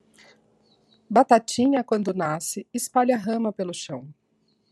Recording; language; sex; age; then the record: short text; Brazilian Portuguese; female; 40 to 49 years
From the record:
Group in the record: control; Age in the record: 40 years